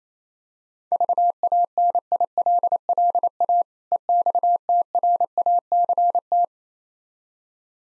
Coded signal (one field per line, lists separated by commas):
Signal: Morse code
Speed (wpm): 28 wpm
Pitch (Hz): 700 Hz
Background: none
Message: VANILLA EXTRACT